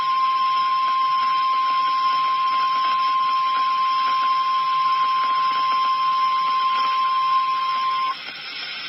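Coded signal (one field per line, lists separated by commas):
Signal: Emergency Alert System (SAME) tones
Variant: 1050 Hz attention tone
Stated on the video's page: Real EAS severe thunderstorm warning.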